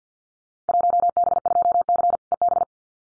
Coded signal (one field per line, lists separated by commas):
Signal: Morse code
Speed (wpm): 50 wpm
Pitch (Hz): 700 Hz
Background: none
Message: 1B2C EB